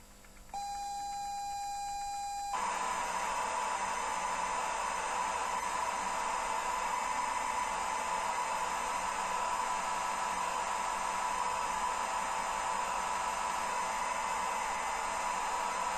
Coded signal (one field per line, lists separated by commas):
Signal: ZX Spectrum tape loading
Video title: Tetris Zx Spectrum 128K Sound AY #zxspectrum